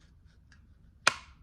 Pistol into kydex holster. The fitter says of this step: put this in the holster so you can see in here here's the click